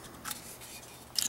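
The push-button release on a rifle's folding stock is pressed, and the metal hinge unlatches as the stock swings open; the stock does not lock in the open position. A click is heard at 0.3 s and a sharper, louder click at 1.2 s, with quiet background between them. The stock is released.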